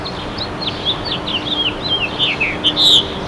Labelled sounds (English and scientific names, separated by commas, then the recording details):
House Finch (Haemorhous mexicanus) song
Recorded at Bay Shore on Long Island, New York, on 29 May 2013
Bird E